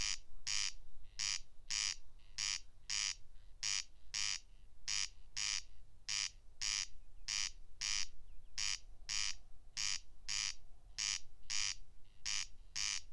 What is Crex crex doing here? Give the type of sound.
song